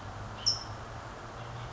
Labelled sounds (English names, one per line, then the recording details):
California Towhee
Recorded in Sonoma County, California